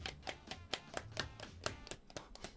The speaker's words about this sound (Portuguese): Aplausos, por favor, para a nosa primeira canción da tarde.